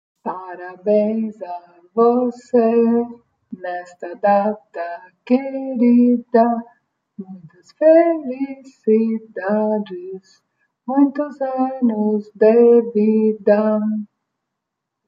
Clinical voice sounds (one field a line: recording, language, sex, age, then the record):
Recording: short text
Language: Brazilian Portuguese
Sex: female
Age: 50 to 59 years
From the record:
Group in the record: control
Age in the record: 56 years